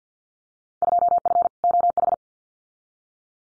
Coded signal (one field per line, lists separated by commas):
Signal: Morse code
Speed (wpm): 50 wpm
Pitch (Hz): 700 Hz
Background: none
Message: 2F OH